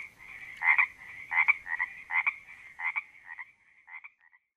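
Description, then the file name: Frogs calling with paired croaks in bursts under a second apart, fading and thinning out toward the end. Frogs recorded at a creek in Panoche Valley, California, on 02-04-08 (2008). "OMV-02-04-08-Panoche Valley CA Creek Frogs"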